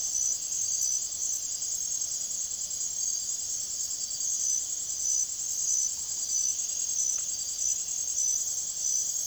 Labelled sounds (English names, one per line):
none